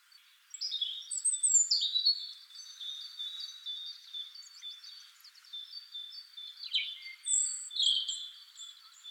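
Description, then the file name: European robin song, a long continuous run of thin high whistles mixed with scratchy twittering phrases. "Erithacus rubecula"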